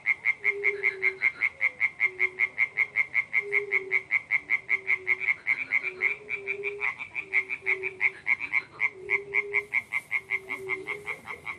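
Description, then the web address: Frog croaking: quick rattling croaks run throughout, with deeper drawn-out notes repeating underneath. Pond in spring. "zvuki zhivoy prirody vesenniy prud kvakushki"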